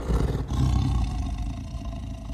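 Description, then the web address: Tiger roaring, a deep, rough, rumbling roar lasting a couple of seconds, easing off slightly toward the end. "big cats|tigers"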